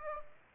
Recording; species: mosquito wingbeat signal from an infrared sensor; Aedes aegypti